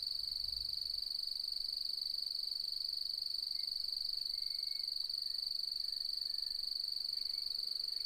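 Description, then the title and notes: Cricket song: an unbroken, high-pitched, rapidly pulsing trill that holds steady throughout, with a low gust at the start. Nocturnal cricket song beginning at dusk as light fades and the full moon rises, fluctuating; arid Mallee woodland, Mungo National Park, NSW, Australian outback; autumn, 4 May 2015, with wind in leaves. "Autumnal Dusk At Mungo National Park, NSW, Australia. As the light fades and the full moon rises.. the nocturnal cricket song begins and fluctuates. Recorded on the 4th of May, 2015 in the outback"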